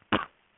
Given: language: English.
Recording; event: throat vibration sensor signal played as sound; cough